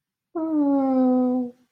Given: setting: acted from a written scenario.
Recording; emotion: vocal sound without words; sympathy